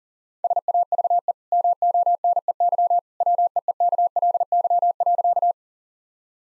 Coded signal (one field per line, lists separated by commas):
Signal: Morse code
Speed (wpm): 40 wpm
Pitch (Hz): 700 Hz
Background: none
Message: SAVE MONEY WEEKLY.